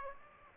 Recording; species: mosquito wingbeat signal from an infrared sensor; Aedes aegypti